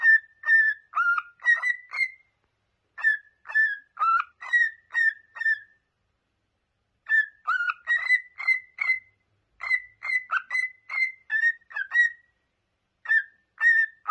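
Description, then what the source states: Cockatiel whistles: clear, pure notes held briefly and repeated at a similar pitch, some dipping lower, in rhythmic runs separated by short silences. Several cockatiels singing, whistling.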